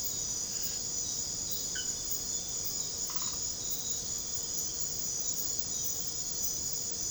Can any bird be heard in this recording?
no